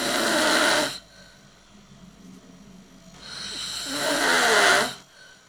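Snoring from an adult sleeper: two loud, rasping breath sounds about three seconds apart, each lasting one to two seconds, separated by quiet intervals. Each breath has a rough, rattling quality.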